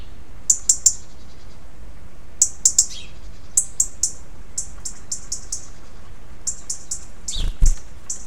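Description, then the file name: European robin giving thin, very high short notes in quick clusters spaced by pauses, with a low thump near the end. "Erithacus rubecula"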